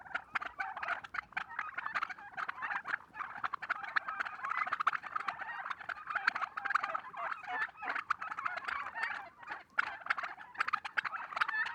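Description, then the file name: Turkeys gobbling in a long, thick chorus of overlapping rattles, the sound dipping briefly before resuming. Red turkeys. "dindes rouges"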